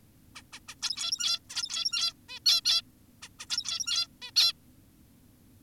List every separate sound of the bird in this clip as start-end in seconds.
0.36-0.42, 0.53-0.60, 0.68-0.75, 0.82-1.40, 1.50-2.13, 2.29-2.40, 2.46-2.61, 2.65-2.82, 3.22-3.29, 3.40-3.46, 3.50-4.08, 4.22-4.31, 4.36-4.53